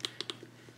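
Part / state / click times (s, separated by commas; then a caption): metal clasp lock on a leather handbag side / seated / 0.0 s. A metal clasp lock on one side of a leather Kate Spade Marti Small Bucket Bag is clipped closed, giving a sharp metallic click at 0.1 s. Two more sharp clicks follow at about 0.2 s and 0.3 s, and that side of the bag is locked.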